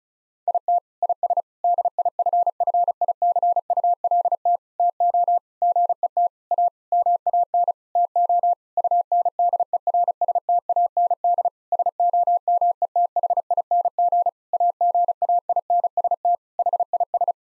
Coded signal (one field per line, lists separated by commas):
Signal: Morse code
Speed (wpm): 36 wpm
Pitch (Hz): 700 Hz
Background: none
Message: IT IS DIFFICULT TO GET A MAN TO UNDERSTAND SOMETHING AGAINST HIS